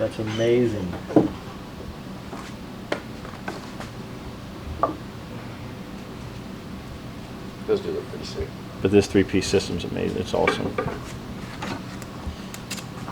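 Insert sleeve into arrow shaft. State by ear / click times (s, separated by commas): seated / 4.8 s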